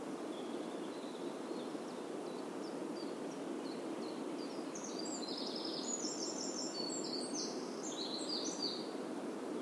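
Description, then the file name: Eurasian wren: faint high notes at first, then a run of sharp, high, rapidly repeated notes and trills in the second half, under heavy steady hiss. "Troglodytes troglodytes"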